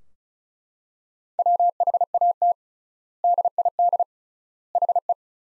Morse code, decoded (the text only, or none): WHAT DID HE